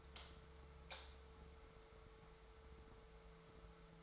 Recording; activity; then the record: daily activity, microphone in the room; light on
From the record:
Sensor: 3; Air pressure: 1014.6 hPa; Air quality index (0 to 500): 182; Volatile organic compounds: 19 ppm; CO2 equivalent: 2653 ppm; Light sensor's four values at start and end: 44/111/48/52 and 47/118/51/54